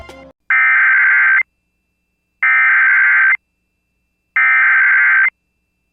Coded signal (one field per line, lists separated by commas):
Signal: Emergency Alert System (SAME) tones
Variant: header bursts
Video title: EAS ( #581 - #591 ) Calm Before The Storm form 8/20/25 - 8/22/25